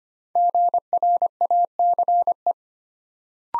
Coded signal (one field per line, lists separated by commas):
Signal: Morse code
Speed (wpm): 25 wpm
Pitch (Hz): 700 Hz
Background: none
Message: GRACE